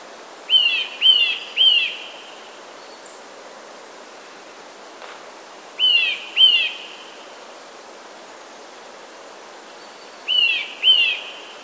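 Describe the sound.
Eurasian nuthatch giving ringing whistled call notes: one burst of three, then two pairs spaced several seconds apart, with soft hiss behind.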